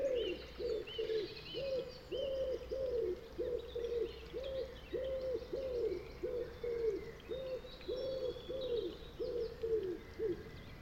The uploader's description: The soundview of this wide panoramic landscape changes with the wind.